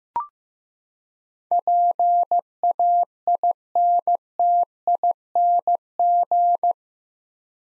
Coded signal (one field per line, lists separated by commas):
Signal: Morse code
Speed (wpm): 15 wpm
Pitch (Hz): 700 Hz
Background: none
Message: PAINTING